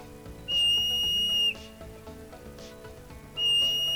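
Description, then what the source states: Hoary marmot warning whistle: two long, shrill, steady-pitched whistles, the first ending in a slight drop. High-pitched warning issued to alert other colony members to possible danger; mountains of northwest North America, Hudson Bay Mountain in Smithers.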